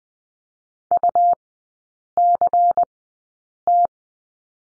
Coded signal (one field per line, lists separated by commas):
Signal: Morse code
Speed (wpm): 20 wpm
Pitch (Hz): 700 Hz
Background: none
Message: UCT